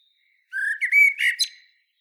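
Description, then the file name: Common blackbird singing a short phrase, a mellow whistled opening sliding upward, then a scratchy high twitter at the end; nothing else heard. "Turdus merula"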